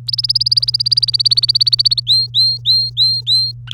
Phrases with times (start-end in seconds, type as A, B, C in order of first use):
0.07-2.00 A, 2.07-3.52 B, 3.67-3.74 C